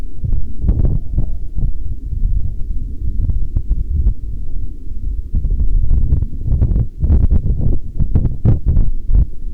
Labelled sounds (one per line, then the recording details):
wind
aircraft
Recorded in the Arctic National Wildlife Refuge, Alaska, on 10 August 2019 at 07:13
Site 44